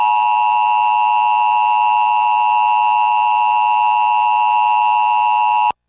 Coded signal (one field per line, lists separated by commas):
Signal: Emergency Alert System (SAME) tones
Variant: 853 and 960 Hz attention tone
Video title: Moamoa toys EAS Tornado🌪 ￼